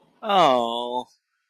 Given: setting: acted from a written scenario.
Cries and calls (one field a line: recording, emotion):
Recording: vocal sound without words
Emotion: sympathy